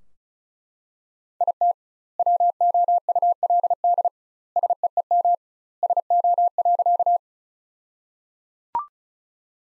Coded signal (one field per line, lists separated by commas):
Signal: Morse code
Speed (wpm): 34 wpm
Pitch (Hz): 700 Hz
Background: none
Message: IT WOULD SEEM SO.